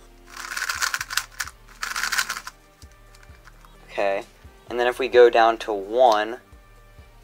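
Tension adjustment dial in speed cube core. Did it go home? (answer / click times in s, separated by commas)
no / none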